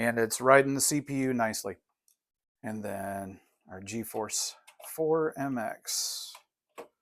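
Someone talks while a GeForce 4 MX graphics card is handled near the AGP slot on a logic board, ready to be pushed in. Nothing has seated or clicked yet; the clip ends just before the card goes home.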